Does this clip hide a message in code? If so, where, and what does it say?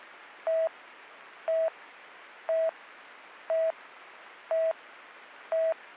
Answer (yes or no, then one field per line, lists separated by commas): no